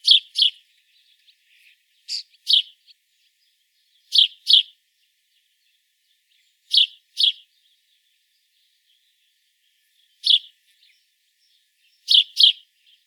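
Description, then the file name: House sparrow chirping, short bright chirps given mostly in pairs at intervals of a few seconds, with a few faint calls between them. "Passer domesticus"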